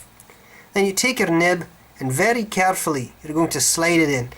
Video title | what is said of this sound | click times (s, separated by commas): Disassembly Line Pilot Parallel | it should snap in place | 0.2 s